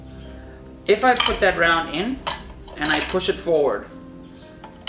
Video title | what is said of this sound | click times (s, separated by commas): How I had a Negligent Discharge - Match DQ | the way okay the extractor hasn't grabbed the back of the case yet | none